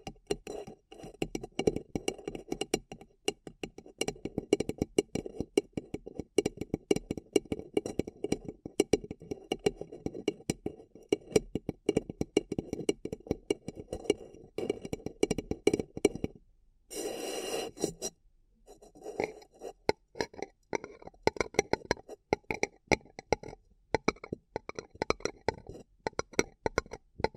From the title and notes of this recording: ASMR Deeply Relaxing Paper Cup Tingles 1 Hr (No Talking).